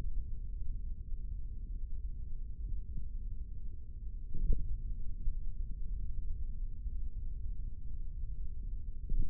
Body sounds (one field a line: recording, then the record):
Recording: forearm muscle sounds (acoustic myography)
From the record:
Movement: tripod grip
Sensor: system 3, bracelet of six PUI Audio POM-2738L microphones around the upper forearm, with dedicated amplification and filtering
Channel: 1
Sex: male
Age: 55 years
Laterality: right